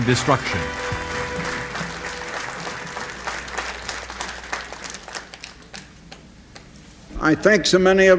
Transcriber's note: applause